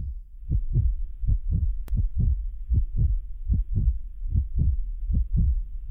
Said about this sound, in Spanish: Allí estaban solos, la mujer y él, y podían escucharse, con cristalina claridad, los latidos de sus corazones.